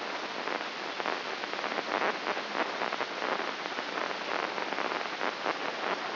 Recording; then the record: brain microelectrode recording played as sound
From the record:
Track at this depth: inside the subthalamic nucleus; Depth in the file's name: 4.63 mm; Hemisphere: left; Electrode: 3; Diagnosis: Parkinson's disease